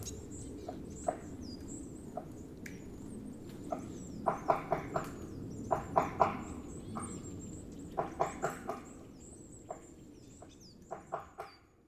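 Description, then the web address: White-backed woodpecker calls: short, sharp, knocking notes, single or in quick clusters of two to four, scattered throughout over steady low rumbling background noise. Chichibu, Japan, 3 February 2022. "koe oakagera 220203 chichibu mju"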